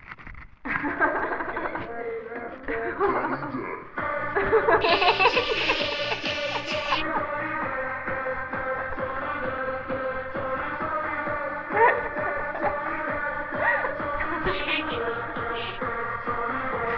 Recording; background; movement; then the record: laughter; music; sitting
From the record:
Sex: female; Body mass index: 18.3 kg/m2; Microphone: on the chest, facing the body